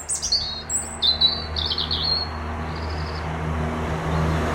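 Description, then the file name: European robin song, short high thin twittering notes in the first two seconds, then fainter notes, over a steady low rumble. "Erithacus rubecula"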